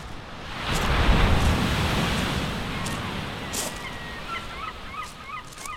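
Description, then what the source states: Gull calls, short harmonic yelps repeated in a loose series over the second half, above rushing surf and waves. Seagull at the shore.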